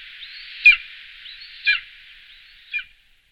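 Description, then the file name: Bonelli's eagle giving three sharp, high, clipped notes about one second apart over a faint steady hiss, the last one softer. "orel-jestřábí"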